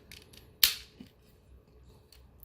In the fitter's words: Locks in place, and there you go.